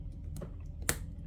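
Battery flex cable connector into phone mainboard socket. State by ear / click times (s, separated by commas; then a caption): seated / 0.9 s. A battery flex cable connector on a Samsung Z Fold 3 5G is pressed by finger onto its socket on the phone's mainboard, and a sharp click at 0.9 s shows it has seated. A few fainter ticks come before it around 0.4 s, 0.6 s and 0.8 s. Someone talks.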